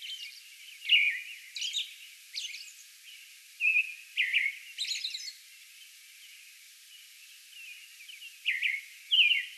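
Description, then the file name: American robin caroling phrases and high squeaky notes, a run of phrases followed by a pause of a few seconds before more phrases. Song bout, recorded on May 11. "May 11 American Robin song bout"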